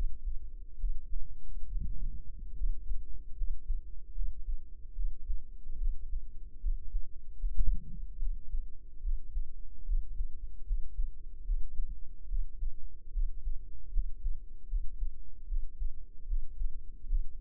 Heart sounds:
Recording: heart sounds by microphone in the right ear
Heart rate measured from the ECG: 74 bpm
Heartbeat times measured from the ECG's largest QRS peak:
0.77 s: heartbeat
1.66 s: heartbeat
2.55 s: heartbeat
3.35 s: heartbeat
4.13 s: heartbeat
4.94 s: heartbeat
5.76 s: heartbeat
6.59 s: heartbeat
7.37 s: heartbeat
8.18 s: heartbeat
9.00 s: heartbeat
9.84 s: heartbeat
10.64 s: heartbeat
11.43 s: heartbeat
12.26 s: heartbeat
13.10 s: heartbeat
13.91 s: heartbeat
14.67 s: heartbeat
15.45 s: heartbeat
16.25 s: heartbeat
17.06 s: heartbeat
From the record:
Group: healthy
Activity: rest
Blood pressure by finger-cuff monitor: 108/81 mmHg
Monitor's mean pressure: 89 mmHg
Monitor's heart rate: 74 bpm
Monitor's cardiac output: 5.8 L/min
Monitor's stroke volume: 79 mL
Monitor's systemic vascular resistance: 1120 dyn s/cm5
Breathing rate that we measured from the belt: 17 breaths a minute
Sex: female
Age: 22 years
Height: 160 cm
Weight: 45 kg

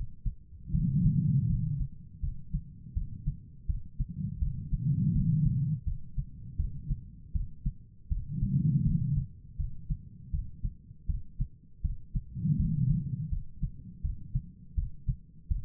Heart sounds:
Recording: heart sounds by stethoscope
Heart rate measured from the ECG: 81 bpm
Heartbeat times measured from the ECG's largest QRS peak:
0.72 s: heartbeat
1.47 s: heartbeat
2.21 s: heartbeat
2.94 s: heartbeat
3.67 s: heartbeat
4.39 s: heartbeat
5.13 s: heartbeat
5.85 s: heartbeat
6.57 s: heartbeat
7.33 s: heartbeat
8.09 s: heartbeat
8.84 s: heartbeat
9.57 s: heartbeat
10.31 s: heartbeat
11.07 s: heartbeat
11.82 s: heartbeat
12.57 s: heartbeat
13.30 s: heartbeat
14.02 s: heartbeat
14.75 s: heartbeat
15.48 s: heartbeat
From the record:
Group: healthy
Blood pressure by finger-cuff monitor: 110/75 mmHg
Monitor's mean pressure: 88 mmHg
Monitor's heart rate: 80 bpm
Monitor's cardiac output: 4.8 L/min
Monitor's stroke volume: 59 mL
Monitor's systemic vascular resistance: 1380 dyn s/cm5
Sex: female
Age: 51 years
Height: 162 cm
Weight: 70.04 kg

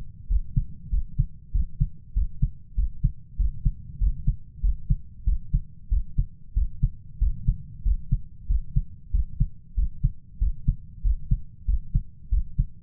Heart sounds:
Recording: heart sounds by stethoscope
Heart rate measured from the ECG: 95 bpm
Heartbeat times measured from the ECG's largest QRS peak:
0.30 s: heartbeat
0.93 s: heartbeat
1.55 s: heartbeat
2.16 s: heartbeat
2.78 s: heartbeat
3.39 s: heartbeat
4.01 s: heartbeat
4.63 s: heartbeat
5.27 s: heartbeat
5.92 s: heartbeat
6.56 s: heartbeat
7.21 s: heartbeat
7.86 s: heartbeat
8.50 s: heartbeat
9.14 s: heartbeat
9.77 s: heartbeat
10.41 s: heartbeat
11.05 s: heartbeat
11.68 s: heartbeat
12.32 s: heartbeat
From the record:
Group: healthy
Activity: rest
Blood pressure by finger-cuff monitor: 134/76 mmHg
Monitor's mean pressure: 93 mmHg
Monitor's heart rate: 94 bpm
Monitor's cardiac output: 7.8 L/min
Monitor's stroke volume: 81 mL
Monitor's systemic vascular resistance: 880 dyn s/cm5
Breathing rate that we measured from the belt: 16 breaths a minute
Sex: male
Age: 21 years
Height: 175 cm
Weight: 72.6 kg

